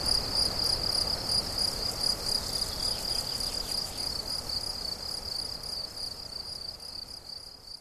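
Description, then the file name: Cricket song: continuous high chirping pulses, several per second, fading slightly toward the end over a low hiss. Crickets recorded 17 July 2013 at La Fortiche on an MZ-N710 recorder. "mz-n 710 grillons la fortiche 17 07 13"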